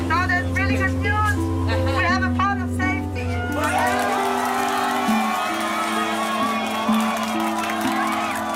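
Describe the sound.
A low, steady engine drone runs under scattered voices on a rescue ship, then a large group erupts into loud cheering and whooping at news of a port after six days of waiting, carrying on to the end.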